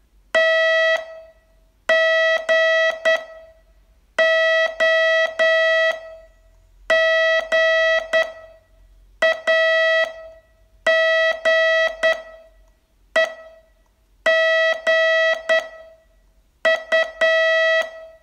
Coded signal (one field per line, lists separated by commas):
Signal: Morse code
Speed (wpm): 10 wpm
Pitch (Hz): 650 Hz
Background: music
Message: T G O G A G E G U